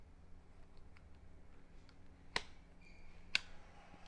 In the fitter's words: and that locks into place